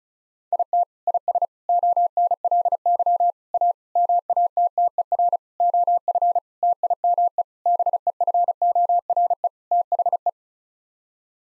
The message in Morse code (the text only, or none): IT IS ONLY A MATTER OF TIME BEFORE THE